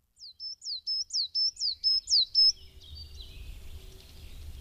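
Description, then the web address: Coal tit singing a rapid series of high, thin two-part notes, each dropping then holding steady, repeated several times, followed by faint background noise. "Madardalok Fenyves cinege"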